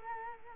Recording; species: mosquito wingbeat signal from an infrared sensor; Culex quinquefasciatus